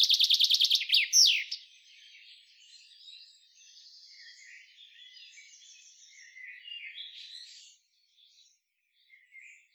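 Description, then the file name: Common chaffinch: a fast burst of bright, high repeated notes in the first second and a half, ending in downslurred notes, followed by faint scattered chirps. "Fringilla coelebs"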